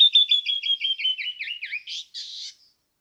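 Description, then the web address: Canyon wren song: a run of high whistled notes gradually lowering in pitch, finishing with a few downslurred notes and a buzzy rasp. "birdsongforthecurious songs Canyon wren"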